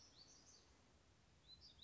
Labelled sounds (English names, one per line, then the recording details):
Black-throated Gray Warbler
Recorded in Sonoma County, California